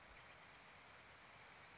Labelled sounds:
Orange-crowned Warbler (Leiothlypis celata)
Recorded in Sonoma County, California

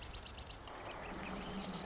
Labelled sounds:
Marsh Wren (Cistothorus palustris)
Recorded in Sonoma County, California

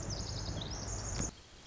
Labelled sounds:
Pacific Wren (Troglodytes pacificus)
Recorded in Sonoma County, California

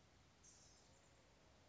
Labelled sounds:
Blue-gray Gnatcatcher (Polioptila caerulea)
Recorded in Sonoma County, California

